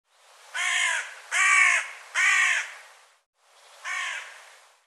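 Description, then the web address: Bird giving harsh, nasal cawing calls, three in quick succession and then a fourth after a short pause. "cianscape birddata Deverinetal 2025"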